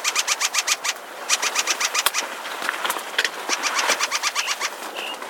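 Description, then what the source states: Ring ouzel alarm call: rapid, harsh chattering clicks in fast runs, several bursts over a few seconds. Warning call given when a person is too close to the nest; breeds in Scandinavia and the Harz, where birds have already arrived on the breeding grounds.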